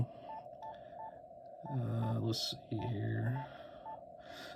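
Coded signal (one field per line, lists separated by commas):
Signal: none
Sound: radio menu beeps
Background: speech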